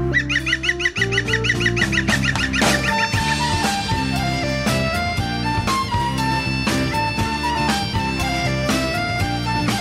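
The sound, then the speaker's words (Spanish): A bird gives rapid, repeated harsh honking calls in a quick series, soon joined and overtaken by loud music with a steady beat and sustained tones. No one speaks. “¿Escuchas? El pájaro observado.”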